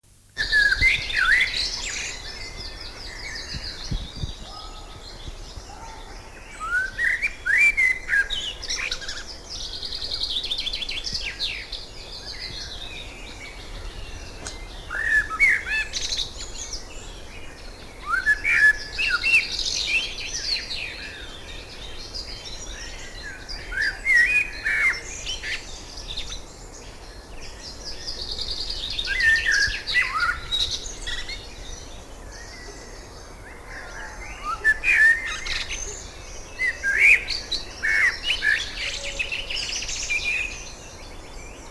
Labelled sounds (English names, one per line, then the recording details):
Common Blackbird song
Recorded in the wild
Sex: male
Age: adult
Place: Lübars (Fließtal), Berlin, DE
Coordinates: 52.6167, 13.35
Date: 2000-06-12 18:13
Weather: overcast, 24°C
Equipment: Marantz CP 430, Sennheiser ME 80, Kopie Uher 4000 Report Monitor
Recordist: Tembrock, Günter